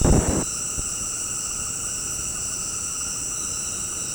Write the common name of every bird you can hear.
none